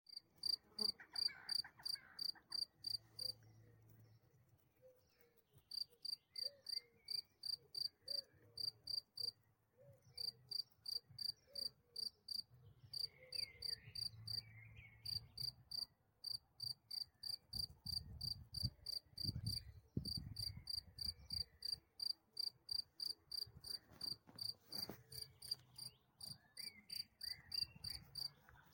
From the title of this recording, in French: grillon